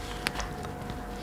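A pistol is dropped into a polymer tactical holster, and the retention latch snaps shut with a sharp click at 0.3 s, followed by a fainter tick at about 0.7 s over a low steady background. The pistol is confirmed locked into the holster's retention.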